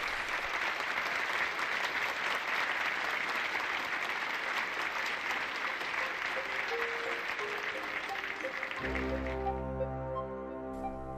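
Loud, dense applause from a large audience of women at a seminar, greeting the speaker as she steps up to the podium, rolls on steadily for about nine seconds, then gives way abruptly to sustained low tonal sounds with a musical, harmonic quality.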